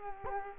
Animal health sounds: mosquito wingbeat signal from an infrared sensor; Culex quinquefasciatus

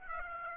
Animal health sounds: mosquito wingbeat signal from an infrared sensor; Aedes aegypti

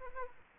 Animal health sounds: mosquito wingbeat signal from an infrared sensor; Aedes aegypti

